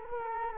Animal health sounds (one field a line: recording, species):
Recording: mosquito wingbeat signal from an infrared sensor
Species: Culex quinquefasciatus